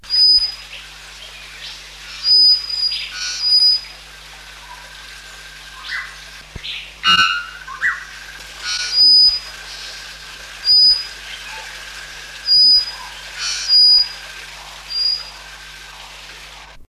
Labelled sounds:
Three-wattled Bellbird call

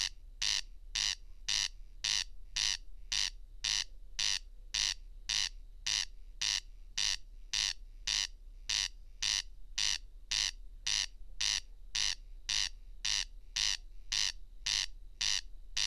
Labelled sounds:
Corn Crake song

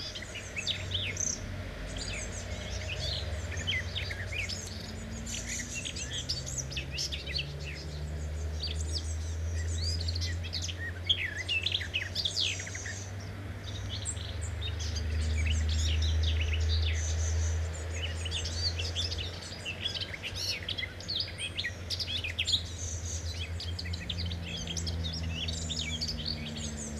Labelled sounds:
Common Whitethroat song

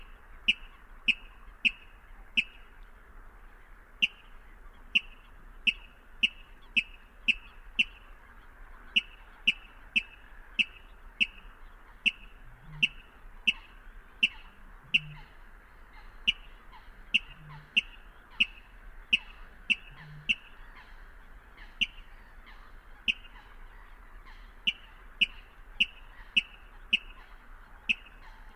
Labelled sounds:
Water Rail

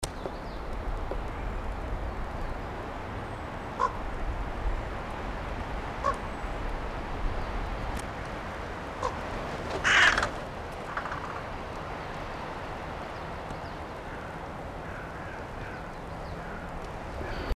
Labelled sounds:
Common Raven call
Coal Tit
Carrion Crow

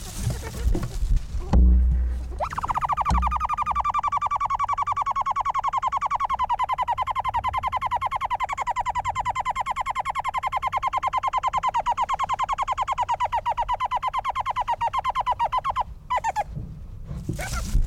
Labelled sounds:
Coruro call

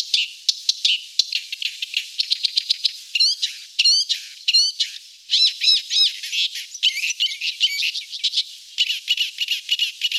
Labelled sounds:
Thick-billed Warbler song

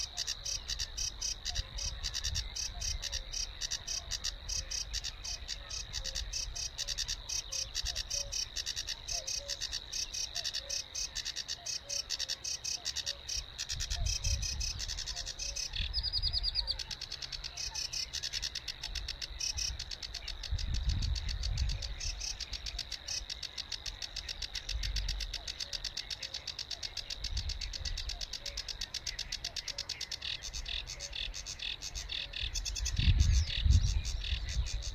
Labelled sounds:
Sedge Warbler song

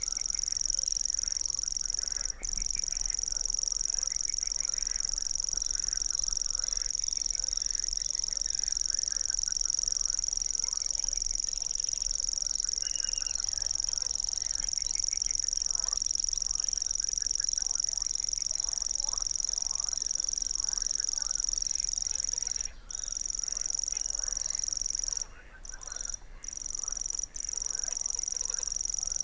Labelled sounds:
Common Grasshopper Warbler song

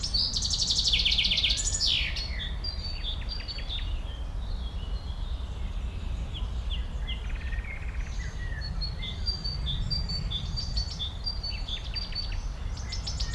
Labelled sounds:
Common Chaffinch

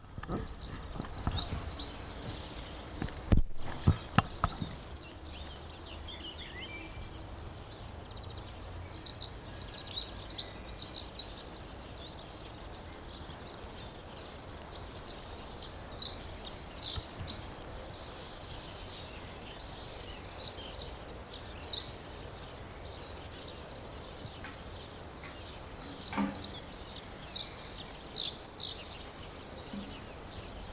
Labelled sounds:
Dunnock

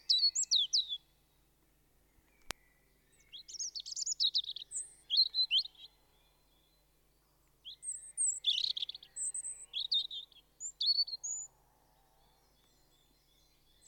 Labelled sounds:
European Robin song

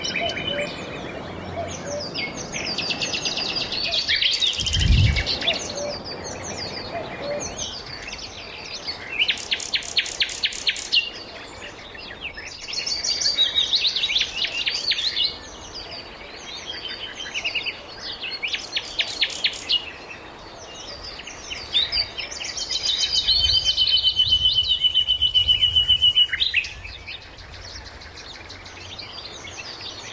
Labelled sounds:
Common Cuckoo call

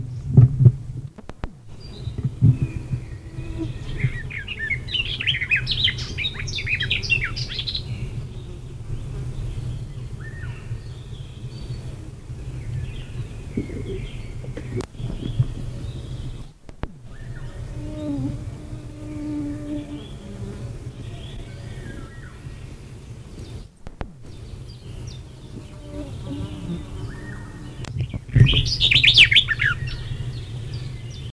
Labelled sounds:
Garden Warbler song
Eurasian Golden Oriole
Common Cuckoo

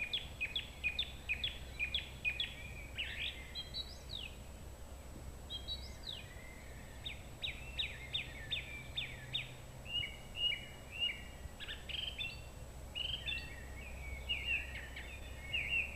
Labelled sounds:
Song Thrush song

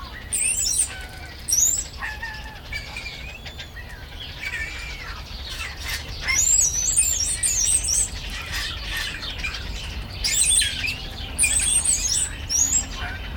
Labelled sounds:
Wattled Starling

